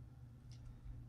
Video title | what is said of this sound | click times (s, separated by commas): Huffer -- A Transformers War For Cybertron Kingdom Review | they'll pop into place. | 0.5 s